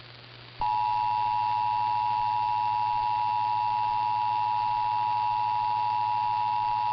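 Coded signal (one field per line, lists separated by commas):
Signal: Emergency Alert System (SAME) tones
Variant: 853 and 960 Hz attention tone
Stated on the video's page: National EAS/EAN test aired on AM broadcast station at 740 kHz.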